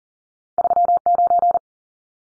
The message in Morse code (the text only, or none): 39